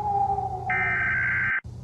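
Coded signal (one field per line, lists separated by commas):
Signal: Emergency Alert System (SAME) tones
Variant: header bursts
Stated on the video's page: Fictional EAS scenario of a Middle East cold war.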